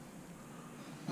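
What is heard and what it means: During a fork rebuild on a 2016–2017 Honda Africa Twin motorcycle, a metal retaining clip is handled and pressed toward its groove inside the fork tube, where its snap would confirm it is in place. A low, steady hum and faint handling noise run throughout, then grow louder and brighter near 1.1 s at the very end. Nothing has seated or clicked yet.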